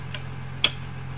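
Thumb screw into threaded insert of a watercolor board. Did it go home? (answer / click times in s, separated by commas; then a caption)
yes / 0.6 s. A thumb screw on a Guerrilla Painter Watercolorboard painting board is turned backwards (counter-clockwise) in its threaded insert until the screw thread drops into the start of the mating thread. Over a steady low hum, a faint tick at 0.1 s is followed by a sharp, louder click at 0.6 s. The click shows the threads are seated and ready to be tightened clockwise.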